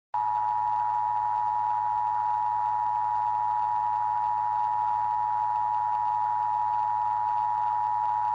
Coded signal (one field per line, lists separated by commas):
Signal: Emergency Alert System (SAME) tones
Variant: 853 and 960 Hz attention tone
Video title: EAS Scenario: Life as we Knew it